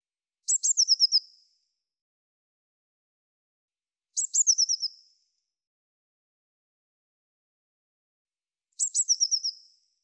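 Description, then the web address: Eurasian blue tit call repeated three times about four seconds apart, each a pair of high thin notes followed by a brief buzzy descending trill. "cianscape birddata Deverinetal 2025 File cleaned normalized Bird Cy Ca"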